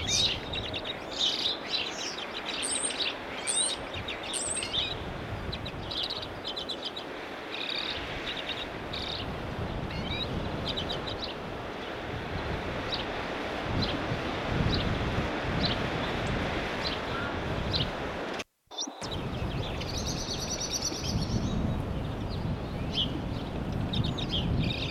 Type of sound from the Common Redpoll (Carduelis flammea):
call